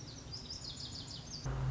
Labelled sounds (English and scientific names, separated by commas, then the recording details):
Lazuli Bunting (Passerina amoena)
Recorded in Sonoma County, California